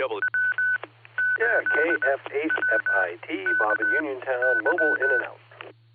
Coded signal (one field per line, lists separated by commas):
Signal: Morse code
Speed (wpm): 20 wpm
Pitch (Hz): 1500 Hz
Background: speech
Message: W8WKY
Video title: Barometer Net sponsored by Silvercreek Amateur Radio Assoc. 147.39+ repeater 114.8 PL 7AM, 5-29-26